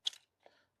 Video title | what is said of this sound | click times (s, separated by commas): Recensione del Godox V1 MID N Flash per NIKON, Speedlite a testa rotonda da 55Ws, ottica 24mm, oltre | Kind of locks in but kind of doesn't. | 0.1 s